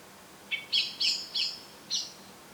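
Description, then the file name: Eurasian blackbird giving five sharp, high chinks: one lower start, three in quick succession, then one after a short pause. "Turdus merula"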